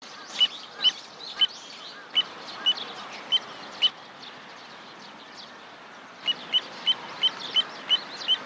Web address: izumino saunndo kotidori